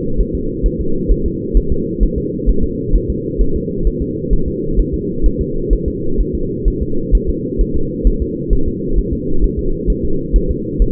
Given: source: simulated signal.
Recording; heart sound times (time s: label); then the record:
fetal heart sounds
0.21 s: S1
0.35 s: S2
0.66 s: S1
0.81 s: S2
1.12 s: S1
1.26 s: S2
1.57 s: S1
1.72 s: S2
2.03 s: S1
2.18 s: S2
2.50 s: S1
2.64 s: S2
2.96 s: S1
3.10 s: S2
3.42 s: S1
3.56 s: S2
3.87 s: S1
4.02 s: S2
4.33 s: S1
4.48 s: S2
4.80 s: S1
4.94 s: S2
5.26 s: S1
5.41 s: S2
5.73 s: S1
5.88 s: S2
6.21 s: S1
6.35 s: S2
6.68 s: S1
6.83 s: S2
7.15 s: S1
7.29 s: S2
7.61 s: S1
7.76 s: S2
8.07 s: S1
8.22 s: S2
8.53 s: S1
8.68 s: S2
8.99 s: S1
9.13 s: S2
9.44 s: S1
9.59 s: S2
9.90 s: S1
10.05 s: S2
10.36 s: S1
10.51 s: S2
10.82 s: S1
From the record:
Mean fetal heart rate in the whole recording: 130 bpm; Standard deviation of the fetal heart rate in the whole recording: 2 bpm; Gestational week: 36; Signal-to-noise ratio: -8.1 dB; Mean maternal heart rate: 72 bpm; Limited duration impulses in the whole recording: absent